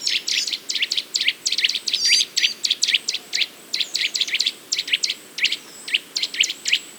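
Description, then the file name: Eurasian nuthatch uttering loud, abrupt call notes, many in a quick series. "Sitta europaea"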